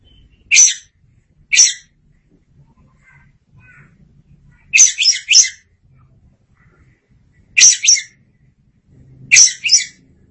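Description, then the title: Oriental magpie-robin giving short, harsh, buzzy bursts, single, paired and in a group of three, spaced roughly one to three seconds apart, with faint low hum beneath. "Suara Kicauan Burung Kacer"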